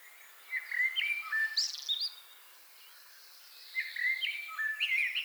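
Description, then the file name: Common blackbird song: two fluty, whistled phrases with chirpy high notes, split by a short silence. "Turdus merula"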